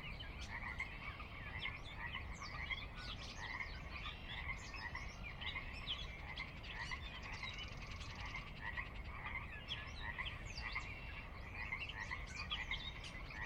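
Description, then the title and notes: Pacific chorus frogs chorusing steadily, many croaks piling over one another throughout, with low rumble beneath. Chorus on the valley floor of Sinlahekin Valley, Sinlahekin Wildlife Area, Washington, a glacier-dug trench near the Cascades' northeastern slope; recorded at dusk; frogs described as ever-present. "Sinlahekin Valley dusk. the ever-present Pacific Chorus Frogs that are a fixture of the Northwest Soundscape"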